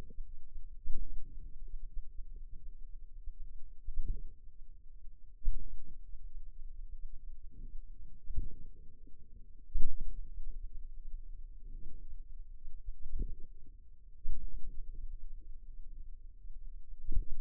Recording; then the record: forearm muscle sounds (acoustic myography)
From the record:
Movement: pen grasping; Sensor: system 2, bracelet of six BSWA MPA416 microphones around the upper forearm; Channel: 1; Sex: female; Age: 23 years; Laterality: right